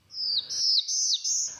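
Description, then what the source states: Black-throated Blue Warbler song: four high, slurred phrases in quick succession. Breeds in lush mountain habitat in Great Smoky Mountains National Park.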